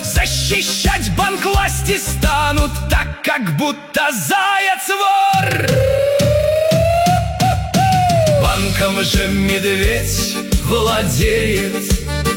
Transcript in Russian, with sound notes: Защищать банк власти станут
Так, как будто заяц [крик] вор
Банком же медведь владеет